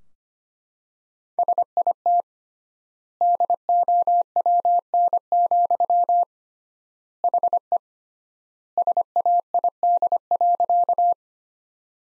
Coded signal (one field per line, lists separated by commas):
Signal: Morse code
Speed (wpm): 25 wpm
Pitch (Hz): 700 Hz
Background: none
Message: SIT DOWN, HE SAID.